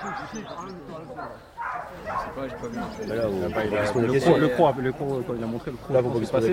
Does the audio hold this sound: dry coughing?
no